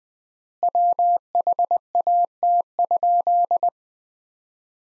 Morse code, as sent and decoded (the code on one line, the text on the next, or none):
.-- .... .- - ..--..
WHAT?